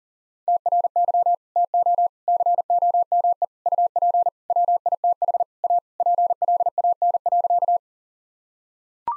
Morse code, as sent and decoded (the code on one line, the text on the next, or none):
- .-. -.-- / - --- / -.-. --- -- . / ..- .--. / .-- .. - .... / .- / .--. .-.. .- -. .-.-.-
TRY TO COME UP WITH A PLAN.